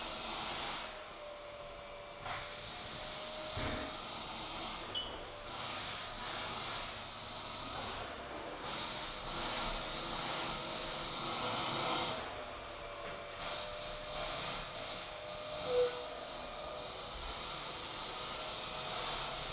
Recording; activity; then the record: daily activity, microphone in the room; vacuum cleaning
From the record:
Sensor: 5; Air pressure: 1010.3 hPa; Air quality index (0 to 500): 120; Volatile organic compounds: 2 ppm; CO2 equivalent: 1180 ppm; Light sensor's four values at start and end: 489/1247/516/575 and 484/1234/511/569